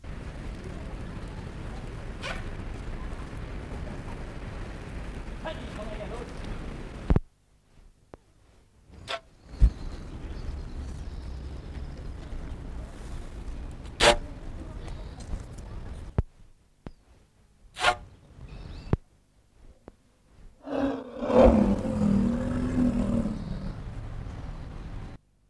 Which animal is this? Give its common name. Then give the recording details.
Asian Elephant. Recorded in captivity. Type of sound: begging call, growling. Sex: female. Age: adult. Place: Zoo Berlin, Berlin, DE. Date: 1959-03-26 15:00. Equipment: Reporter (Vollspur). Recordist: Tembrock, Günter. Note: Kuh "Shanti": Trompeten (Kurzlaut) beim Futterbetteln (Abstand ca. 50 cm)